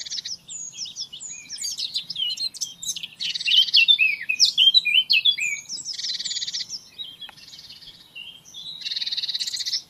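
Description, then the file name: Eurasian blackcap singing a dense, hurried warble of twisting whistles, interrupted by several harsh buzzy rattles, continuing through the whole stretch with slight changes in loudness. "Sylvia atricapilla"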